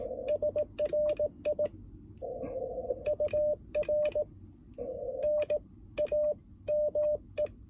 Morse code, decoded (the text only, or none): SRI UR NAME